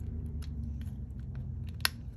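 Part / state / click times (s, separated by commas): crimped pin into solar connector housing / seated / 1.9 s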